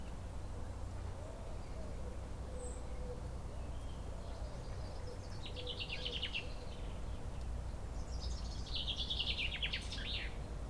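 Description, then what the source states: Common Chaffinch song: two quick phrases of rapid, rattling high notes over a persistent low hum. Singing near the oldest tree in Chindrieux, a centuries-old lime tree, in a neighbourhood park in Chindrieux, France, accompanied by a tit.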